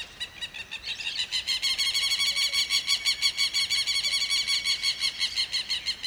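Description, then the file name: Southern Lapwings giving shrill, grating notes in a fast, even series about three per second, growing louder after the first second and continuing steadily. Several southern lapwings (quero-quero) in a field in the morning. "Quero queros e outros passaros no campo de manha"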